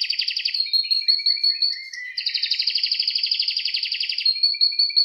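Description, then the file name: Canary singing fast, even trills that switch pitch several times, with a long rattling roll in the middle and a thin whistled trill at the end. Irish Fancy breed canary. "suara kenari irish fancy"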